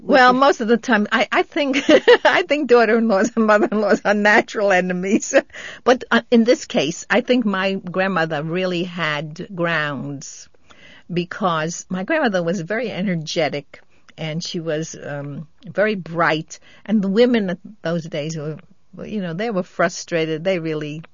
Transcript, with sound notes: Well, most of the time, I -- I think, ( she laughs ) I think daughter-in-laws and mother-in-laws are natural enemies. But in this case I think my grandmother really had grounds, because my grandmother was very energetic, and she was very bright, and the women in those days were, you know, they were frustrated, they really